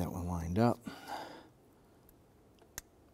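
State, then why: Seated. A plastic harness connector is lined up and pushed onto a front fuel injector on a 2011-2018 Ram 1500 while someone talks. After a quiet pause with faint ticks, a sharp click at 2.8 s marks the connector seating onto the injector.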